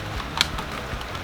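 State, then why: Seated. A plastic radio dash trim panel is pried up at its side with a painter's tool and wiggled into the dash opening, pushing it to its second detent so it sits flush at the bottom. A sharp click sounds at 0.4 s over a low steady background. The panel is seated at its second click, and the same step is to be repeated on the other side.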